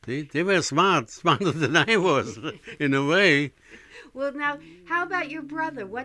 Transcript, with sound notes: They were smart, smarter than I was ( he laughs ) in a way.
Well, now, how about your brother?